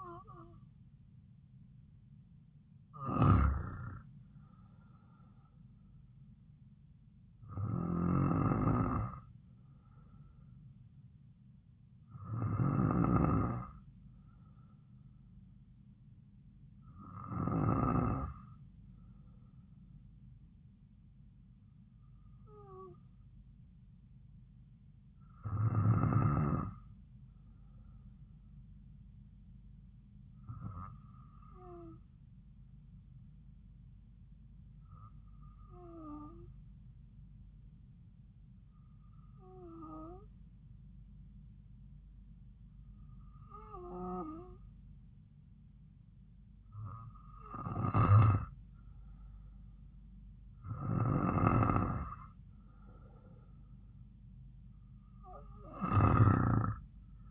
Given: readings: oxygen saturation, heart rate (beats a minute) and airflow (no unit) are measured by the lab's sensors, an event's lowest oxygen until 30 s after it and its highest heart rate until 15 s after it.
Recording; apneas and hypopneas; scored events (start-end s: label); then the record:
breathing in sleep by a smartphone at the bedside; 1
32.00-50.20 s: hypopnea (N2, oxygen 95% highest, then 92% lowest)
From the record:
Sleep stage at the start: N2 (light sleep); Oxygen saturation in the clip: 92 to 95%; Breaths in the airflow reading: 13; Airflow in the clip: -3.7 to 6.0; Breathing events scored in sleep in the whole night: 270 in 6.1 hours asleep